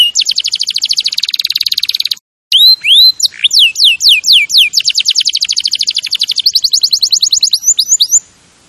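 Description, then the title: Canary delivering a fast rattling trill, a brief pause, then looping swoops and downward slurs before settling into further rapid trills. Champion canary song used as a master recording for training other birds. "Masteran Kenari Juara"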